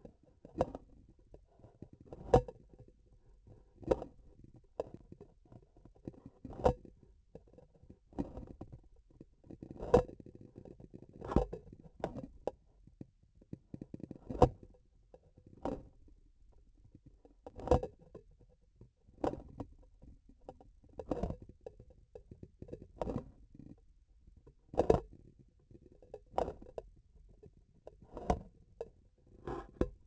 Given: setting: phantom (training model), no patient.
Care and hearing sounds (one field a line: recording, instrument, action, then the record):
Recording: laparoscopic instrument, vibration sensor on the handle end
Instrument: grasping forceps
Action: opening and closing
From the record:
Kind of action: tool actuation without material contact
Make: Olympus